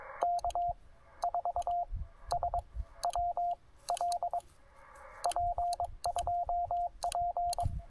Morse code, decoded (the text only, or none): K4SWL P2P